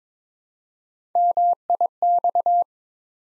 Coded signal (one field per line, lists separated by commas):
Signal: Morse code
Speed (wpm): 22 wpm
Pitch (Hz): 700 Hz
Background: none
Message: MIX